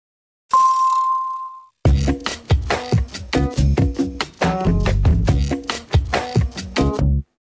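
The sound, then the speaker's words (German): A doorbell rings: a short steady electronic tone, then a loud, rapid melodic chime playing many distinct notes in a rhythmic tune for about five seconds, with no voices. “Sie haben erst geschellt oder geklingelt.”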